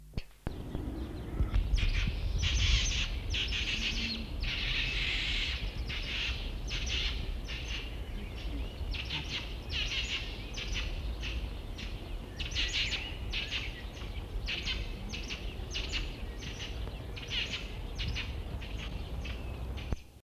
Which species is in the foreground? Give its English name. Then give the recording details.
White-backed Vulture. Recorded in captivity. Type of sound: call. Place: Tiergarten Schönbrunn, AT. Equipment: Halbspur, 9,5 cm/s. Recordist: Lütgens, Hans. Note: Streit am Nest